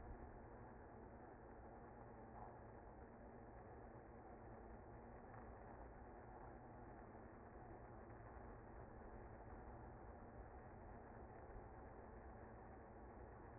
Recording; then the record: honeybee colony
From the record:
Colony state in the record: active